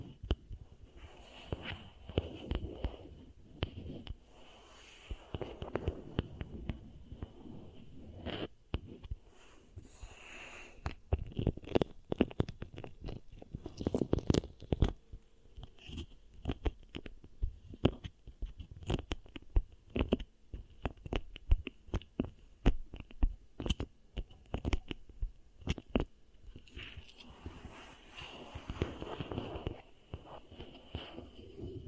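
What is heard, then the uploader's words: Beeswax is pressed and worked, making dense sticky crackles and sharp clicks that come in irregular bursts for the whole half minute. Softer squishing swells sit underneath, and a faint steady high whine runs in the background. ASMR Really Nice Beeswax Ear Triggers for SLEEP (No Talking).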